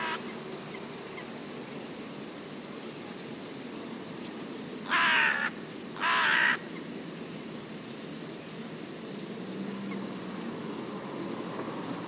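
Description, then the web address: Bird giving two short harsh caws in quick succession midway through, surrounded by a steady low rumbling background noise. "cianscape. Deverinetal 2025. Bird Only"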